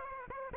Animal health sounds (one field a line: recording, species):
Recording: mosquito wingbeat signal from an infrared sensor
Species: Aedes aegypti